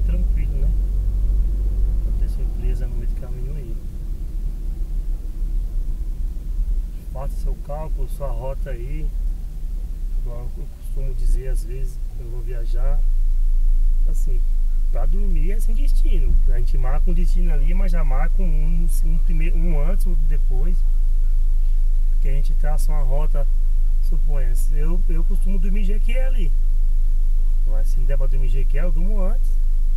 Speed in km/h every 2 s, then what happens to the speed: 31, 30, 27, 23, 18, 13, 6, 2, 0, 0, 0, 0, 0, 0, 0.
0-14 slows to 2. 14-30 standing.